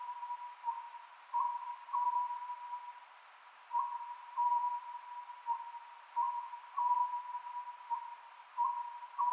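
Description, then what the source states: Oriental scops owl producing repeated short hoots in small clusters at a steady cadence of roughly two seconds, over a continuous hum. Recorded 27 May 2010 at 22:21.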